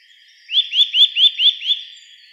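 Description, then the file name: Eurasian nuthatch calling, a quick run of six rising, slurred notes about a fifth of a second apart, sharp and clear over a faint steady hiss. "Sitta europaea"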